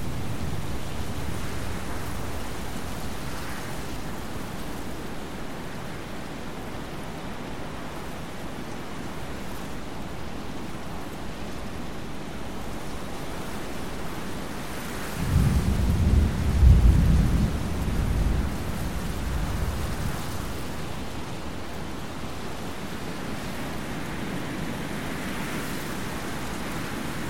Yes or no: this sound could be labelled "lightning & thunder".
yes